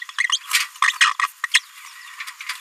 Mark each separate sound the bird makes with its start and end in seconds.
0.32-0.38, 0.82-0.92, 1.00-1.13, 1.54-1.59, 2.20-2.22